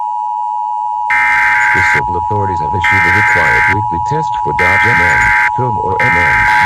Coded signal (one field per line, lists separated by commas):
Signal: Emergency Alert System (SAME) tones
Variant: header bursts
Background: speech